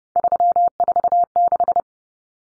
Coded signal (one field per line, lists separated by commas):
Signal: Morse code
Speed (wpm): 30 wpm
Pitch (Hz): 700 Hz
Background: none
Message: 346